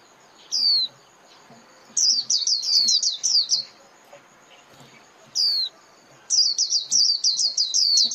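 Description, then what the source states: White-eye calls: single high slurred notes alternating with fast runs of sharp descending chirps, repeated twice. Lure call (mồi) of a white-eye, used for trapping.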